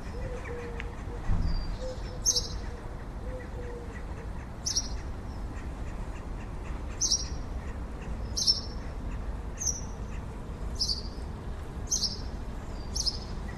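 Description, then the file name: House sparrow giving single sharp chirps about once every second or two, with a few faint low coos at the start. "Passer domesticus"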